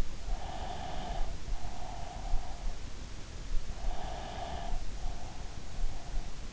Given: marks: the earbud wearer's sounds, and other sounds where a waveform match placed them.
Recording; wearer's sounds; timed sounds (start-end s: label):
sounds in sleep by an in-ear microphone; breath
0.17-2.65 s: breath
3.53-5.55 s: breath